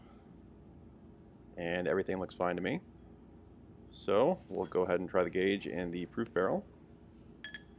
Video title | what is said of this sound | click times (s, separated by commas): Proof Research 16” AR-15 Barrel – The Best Yet? (30-Shot Group Tests) | and the bolt is not able to lock in place. | none